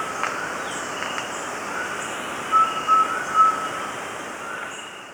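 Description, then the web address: Subtropical pygmy-owl giving three short, level, whistled hoots in quick succession, over a steady hiss of background noise. Recorded in Ecuador. "Birds of Ecuador. Subtropical Pygmy-Owl"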